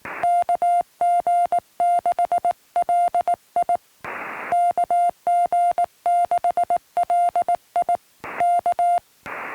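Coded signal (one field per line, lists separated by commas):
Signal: Morse code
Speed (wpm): 18 wpm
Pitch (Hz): 700 Hz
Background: none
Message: KG6LI KG6LI K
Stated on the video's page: Restored recording of a park activation.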